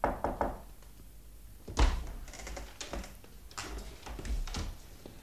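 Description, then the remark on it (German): A quick run of three or four sharp raps on a wooden door, followed by a heavier thump and a few softer scattered knocks, with no voices. “Hier, diese Tür, Herr Kommissar.”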